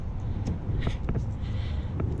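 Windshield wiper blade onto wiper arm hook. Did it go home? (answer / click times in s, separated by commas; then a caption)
no / none. A windshield wiper blade is hooked onto a J-hook wiper arm and pulled up to lock it in place, with low rumbling handling noise and two brief, sharp taps around 1.1 and 2.0 seconds. The blade has not clicked into place; its retaining tabs still hold it loosely on the arm.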